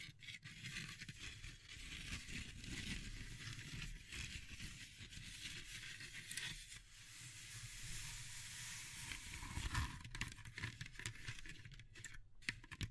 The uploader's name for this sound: Natural Triggers Wood, Bamboo and Straw